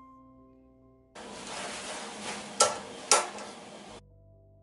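A metal bobbin case holding its bobbin is inserted into the rotary hook of a Ricoma MT-1501 embroidery machine over background music. A sharp click at 2.6 s marks the case seating correctly, followed by a second sharp hit at 3.1 s.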